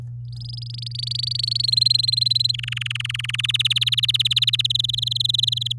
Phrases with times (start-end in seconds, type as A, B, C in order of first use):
0.28-1.66 A, 1.68-2.52 B, 2.54-3.41 C, 3.43-4.67 D, 4.70-5.72 E